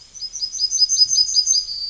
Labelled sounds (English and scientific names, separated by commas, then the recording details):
Yellowhammer (Emberiza citrinella) song
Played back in forest
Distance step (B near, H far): C
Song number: 058